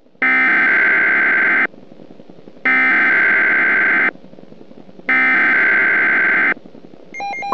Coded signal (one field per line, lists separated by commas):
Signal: Emergency Alert System (SAME) tones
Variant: header bursts